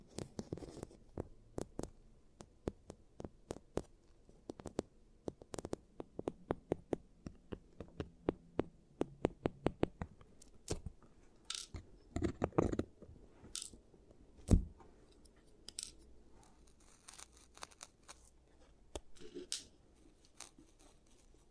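Giant teeth treatment sounds: sharp clicks and taps land at an irregular pace, with a louder scraping cluster around twelve seconds and a strong knock near fourteen.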